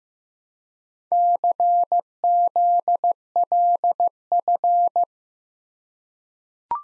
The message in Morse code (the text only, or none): CZLF